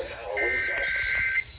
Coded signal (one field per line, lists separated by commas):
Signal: Emergency Alert System (SAME) tones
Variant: header bursts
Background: speech